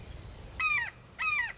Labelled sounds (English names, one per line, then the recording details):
Red-shouldered Hawk
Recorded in Sonoma County, California